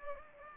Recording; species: mosquito wingbeat signal from an infrared sensor; Anopheles gambiae